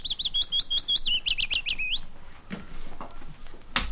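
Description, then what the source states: Willow warbler song, a brief run of sweet slurred notes lasting about two seconds, followed by a knock. Played on the radio; said to favour marshy areas.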